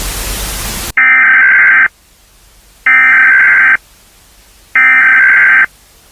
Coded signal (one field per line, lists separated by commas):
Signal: Emergency Alert System (SAME) tones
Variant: header bursts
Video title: Nuclear Attack (Part 1) I EAS Scenario I